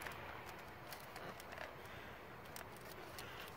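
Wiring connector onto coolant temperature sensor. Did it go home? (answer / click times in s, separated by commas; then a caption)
no / none. A wiring plug is pushed up onto the coolant temperature sensor of a 2001-2005 Honda Civic 1.7L in a tight spot, giving only faint scuffs and taps over steady background noise. The plug goes in, but nothing has clicked, so it is not fully seated yet.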